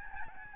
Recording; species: mosquito wingbeat signal from an infrared sensor; Aedes albopictus